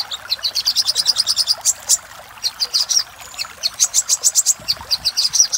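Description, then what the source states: Little spiderhunter song: bursts of fast, shrill repeated notes separated by short gaps, over a continuous hiss. Song used for training cage birds.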